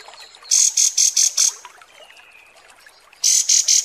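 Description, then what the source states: Kapas tembak song: a burst of five high, sharp, chattering notes, a faint thin whistle, then another quick burst of high notes. Masteran training recording of kapas tembak song, labelled 'mewah'.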